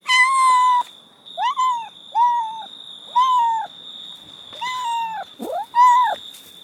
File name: cat voice